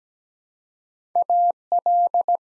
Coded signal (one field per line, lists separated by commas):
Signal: Morse code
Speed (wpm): 17 wpm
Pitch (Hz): 700 Hz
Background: none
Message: AL